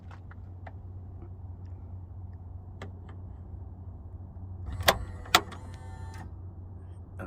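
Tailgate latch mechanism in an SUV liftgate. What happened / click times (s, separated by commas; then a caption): The latch clicked into its locked position / 5.3 s. A tailgate latch mechanism in an SUV liftgate is pushed by hand, once and then a second time, over a steady low hum. After a sharp tap at 4.9 s, the latch clicks into its closed, locked position at 5.4 s. The dash light then goes off.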